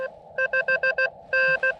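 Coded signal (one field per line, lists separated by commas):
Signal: Morse code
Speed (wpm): 16 wpm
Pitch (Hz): 1550 Hz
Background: none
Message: 5N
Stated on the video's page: Morse contacts during a SOTA double summit activation in the Columbia River Gorge, including a summit-to-summit contact and full QSOs.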